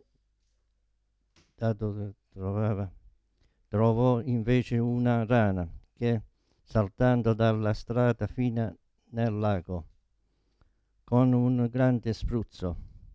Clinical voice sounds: read passage; Italian; male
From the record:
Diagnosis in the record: Parkinson's disease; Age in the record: 72 years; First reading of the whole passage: 118 s, 4.4 characters per second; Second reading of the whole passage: 99 s, 5.2 characters per second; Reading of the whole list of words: 88 s, 3.2 characters per second

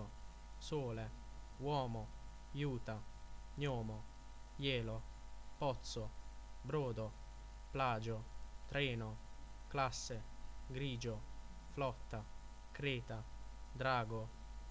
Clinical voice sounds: read list of words; Italian; male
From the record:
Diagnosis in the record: healthy control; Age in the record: 24 years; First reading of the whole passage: 44 s, 11.7 characters per second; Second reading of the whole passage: 43 s, 11.9 characters per second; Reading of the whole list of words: 49 s, 5.7 characters per second

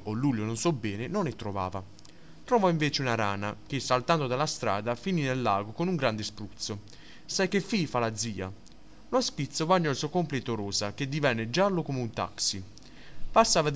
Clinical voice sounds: read passage; Italian; male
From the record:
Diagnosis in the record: healthy control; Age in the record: 19 years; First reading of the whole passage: 43 s, 12.0 characters per second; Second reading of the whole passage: 41 s, 12.5 characters per second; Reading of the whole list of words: 37 s, 7.7 characters per second

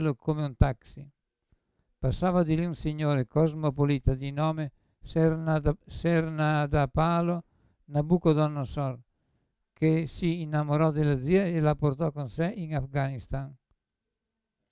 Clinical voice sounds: read passage; Italian; male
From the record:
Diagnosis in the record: Parkinson's disease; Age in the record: 75 years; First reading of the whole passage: 62 s, 8.3 characters per second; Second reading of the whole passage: 57 s, 9.2 characters per second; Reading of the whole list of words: 53 s, 5.3 characters per second

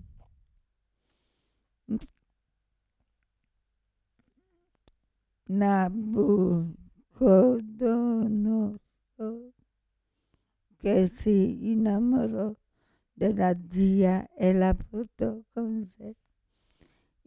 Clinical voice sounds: read passage; Italian; female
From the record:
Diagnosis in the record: Parkinson's disease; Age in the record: 65 years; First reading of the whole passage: 242 s, 2.1 characters per second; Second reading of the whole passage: 180 s, 2.9 characters per second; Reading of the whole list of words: 168 s, 1.7 characters per second

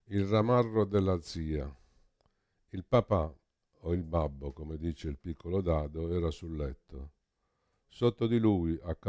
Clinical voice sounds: read passage; Italian; male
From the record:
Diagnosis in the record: Parkinson's disease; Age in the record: 65 years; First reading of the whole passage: 52 s, 9.9 characters per second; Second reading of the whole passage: 50 s, 10.3 characters per second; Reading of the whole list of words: 40 s, 7.0 characters per second

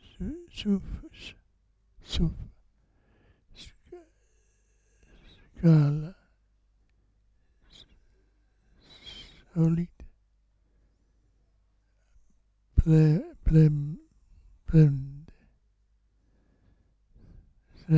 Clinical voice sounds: read list of words; Italian; male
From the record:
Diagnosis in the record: Parkinson's disease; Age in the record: 65 years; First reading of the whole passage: 164 s, 3.2 characters per second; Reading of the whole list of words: 151 s, 1.9 characters per second

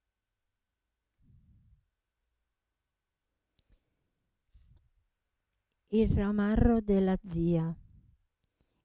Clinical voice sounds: read passage; Italian; female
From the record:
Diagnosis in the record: Parkinson's disease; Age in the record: 67 years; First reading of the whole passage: 79 s, 6.5 characters per second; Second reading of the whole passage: 74 s, 7.0 characters per second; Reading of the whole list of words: 72 s, 3.9 characters per second

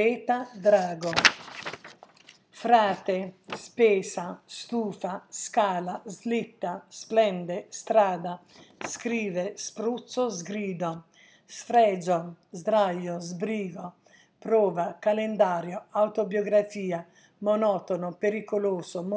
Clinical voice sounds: read list of words; Italian; female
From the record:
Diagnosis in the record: healthy control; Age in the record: 69 years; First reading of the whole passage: 57 s, 9.1 characters per second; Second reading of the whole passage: 50 s, 10.4 characters per second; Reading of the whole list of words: 47 s, 6.0 characters per second

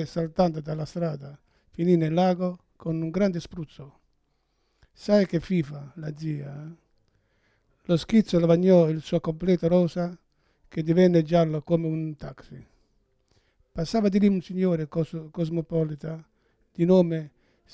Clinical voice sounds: read passage; Italian; male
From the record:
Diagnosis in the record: Parkinson's disease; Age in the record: 71 years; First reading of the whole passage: 62 s, 8.3 characters per second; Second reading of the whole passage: 53 s, 9.9 characters per second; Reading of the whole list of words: 66 s, 4.2 characters per second

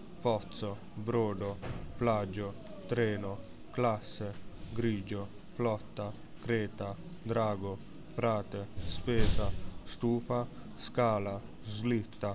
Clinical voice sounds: read list of words; Italian; male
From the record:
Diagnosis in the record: healthy control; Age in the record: 19 years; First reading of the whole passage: 55 s, 9.5 characters per second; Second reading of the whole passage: 47 s, 11.1 characters per second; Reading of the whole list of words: 45 s, 6.2 characters per second

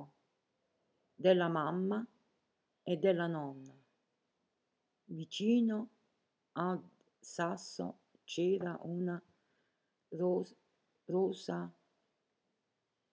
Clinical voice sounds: read passage; Italian; female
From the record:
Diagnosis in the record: healthy control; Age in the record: 70 years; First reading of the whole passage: 149 s, 3.0 characters per second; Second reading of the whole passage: 105 s, 4.4 characters per second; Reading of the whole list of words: 65 s, 4.0 characters per second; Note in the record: marked for poor recording quality or reading difficulty

